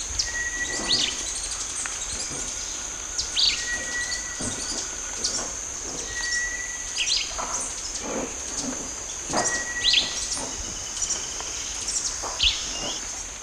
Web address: Natures Songs S America Eastern Lowlands. Vireo flavoviridis, song